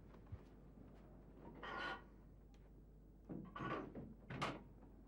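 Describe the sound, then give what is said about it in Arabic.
A door is pushed shut in a few short bursts of scraping and knocking, the last one a sharper thump, all fairly soft with no one speaking. “اقفلي الباب وتعالي.”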